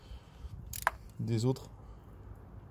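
A budget click-type torque wrench with a socket gives the final tightening to a diesel injector clamp nut on the cylinder head of a 1.6 HDi engine, checking the nut's torque. Two sharp, short clicks are heard at 0.8 s and 0.9 s as the wrench reaches its setting, and then someone talks briefly.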